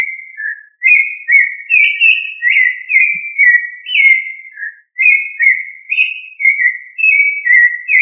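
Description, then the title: Thrush singing rich whistled phrases in quick succession, pitch stepping up and down from one phrase to the next, two brief pauses along the way. "Familia Turdidae - Sabia"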